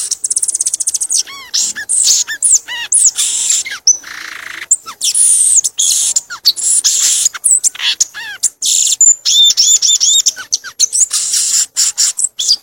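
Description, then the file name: Violaceous euphonia singing a long, hurried medley: quick series of downslurred whistles, trills and scratchy high notes, almost without a break. "canto do gaturamo verdadeiro"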